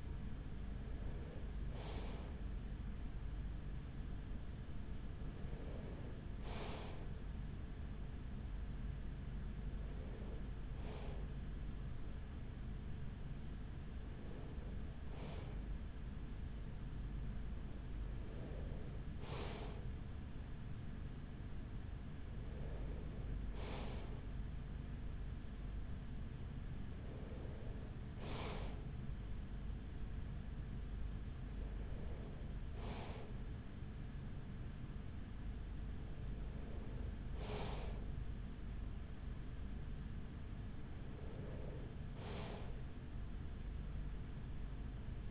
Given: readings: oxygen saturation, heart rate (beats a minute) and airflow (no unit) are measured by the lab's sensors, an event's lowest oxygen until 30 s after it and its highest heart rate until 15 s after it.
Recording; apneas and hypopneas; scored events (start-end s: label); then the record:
breathing in sleep by a smartphone at the bedside; none
10.00-45.31 s: new sleep stage, N2 (light sleep)
From the record:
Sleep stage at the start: N3 (deep sleep); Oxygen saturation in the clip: 94 to 95%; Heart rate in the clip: 42 to 44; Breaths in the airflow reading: 10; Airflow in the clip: -7.0 to 5.8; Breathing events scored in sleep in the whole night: 207 in 7.6 hours asleep